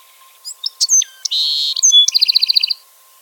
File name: bewicks wren